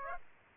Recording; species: mosquito wingbeat signal from an infrared sensor; Aedes aegypti